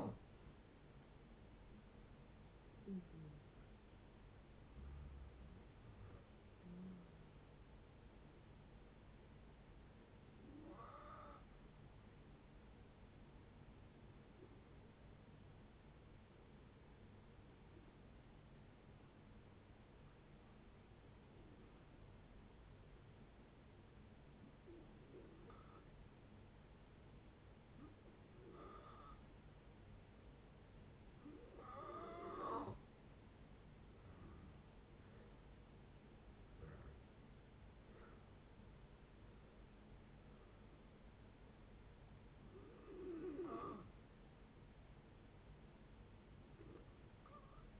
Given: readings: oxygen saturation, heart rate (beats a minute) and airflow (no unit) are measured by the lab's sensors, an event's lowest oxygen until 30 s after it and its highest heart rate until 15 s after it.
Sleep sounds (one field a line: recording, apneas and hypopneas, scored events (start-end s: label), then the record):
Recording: breathing in sleep by a voice recorder at the bedside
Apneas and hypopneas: 1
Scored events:
14.00-34.20 s: hypopnea (N2, oxygen 95% highest, then 87% lowest)
37.00-47.80 s: new sleep stage, N1 (lightest sleep)
From the record:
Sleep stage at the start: N2 (light sleep)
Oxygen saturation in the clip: 87 to 95%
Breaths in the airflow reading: 13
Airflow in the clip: -14.0 to 14.7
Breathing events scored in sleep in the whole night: 496 in 5.4 hours asleep